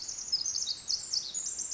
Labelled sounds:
Pacific Wren (Troglodytes pacificus)

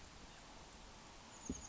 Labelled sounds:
Chestnut-backed Chickadee (Poecile rufescens)

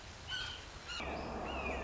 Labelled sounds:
Red-shouldered Hawk (Buteo lineatus)

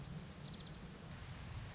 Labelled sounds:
Orange-crowned Warbler (Leiothlypis celata)

